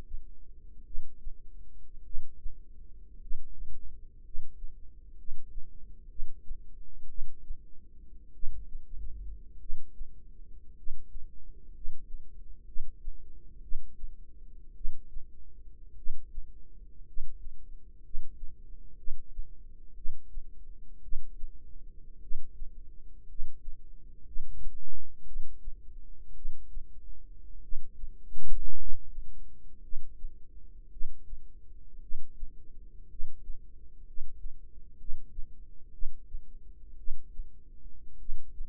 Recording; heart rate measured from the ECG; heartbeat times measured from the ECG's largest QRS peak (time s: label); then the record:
heart sounds by microphone in the right ear; 56 bpm
0.82 s: heartbeat
2.02 s: heartbeat
3.18 s: heartbeat
4.21 s: heartbeat
5.15 s: heartbeat
6.07 s: heartbeat
7.06 s: heartbeat
8.31 s: heartbeat
9.57 s: heartbeat
10.74 s: heartbeat
11.71 s: heartbeat
12.63 s: heartbeat
13.59 s: heartbeat
14.73 s: heartbeat
15.94 s: heartbeat
17.04 s: heartbeat
18.00 s: heartbeat
18.95 s: heartbeat
19.93 s: heartbeat
21.00 s: heartbeat
22.19 s: heartbeat
23.26 s: heartbeat
24.23 s: heartbeat
25.23 s: heartbeat
26.33 s: heartbeat
27.60 s: heartbeat
28.75 s: heartbeat
29.80 s: heartbeat
30.88 s: heartbeat
31.99 s: heartbeat
33.07 s: heartbeat
34.03 s: heartbeat
34.95 s: heartbeat
35.90 s: heartbeat
36.95 s: heartbeat
38.17 s: heartbeat
From the record:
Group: healthy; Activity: cold pressor test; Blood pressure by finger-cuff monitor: 122/49 mmHg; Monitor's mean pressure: 74 mmHg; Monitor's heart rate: 57 bpm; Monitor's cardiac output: 6.6 L/min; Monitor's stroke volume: 118 mL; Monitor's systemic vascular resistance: 790 dyn s/cm5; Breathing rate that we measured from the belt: 10 breaths a minute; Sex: male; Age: 25 years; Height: 170 cm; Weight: 70.4 kg